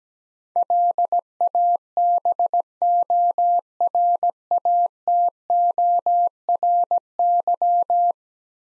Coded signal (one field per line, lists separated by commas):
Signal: Morse code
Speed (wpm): 17 wpm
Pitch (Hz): 700 Hz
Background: none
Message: LABORATORY